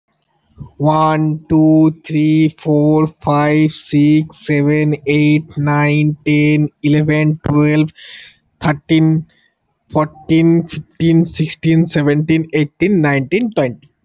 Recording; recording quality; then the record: counting at a normal pace; excellent, no background noise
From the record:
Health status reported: healthy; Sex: male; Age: 24 years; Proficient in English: yes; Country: India